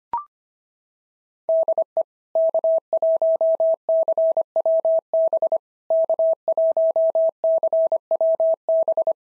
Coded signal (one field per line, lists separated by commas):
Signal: Morse code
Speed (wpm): 25 wpm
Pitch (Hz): 650 Hz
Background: none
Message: DE K1CWB K1CWB